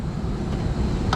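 A replacement printed circuit board for an LG Multi V inverter HVAC outdoor unit is lined up over plastic standoff clips and pushed down against a steady low rumble. A sharp click at 1.1 s marks the board snapping onto the clips and seating.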